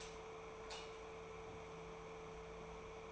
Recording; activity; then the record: daily activity, microphone in the room; light off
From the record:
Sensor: 1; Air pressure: 1014.6 hPa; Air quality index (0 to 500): 175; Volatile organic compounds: 15 ppm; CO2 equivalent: 2480 ppm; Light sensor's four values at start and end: 42/110/45/54 and 39/97/41/50